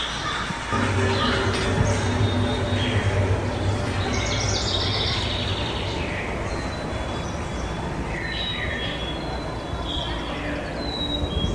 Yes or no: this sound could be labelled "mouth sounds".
no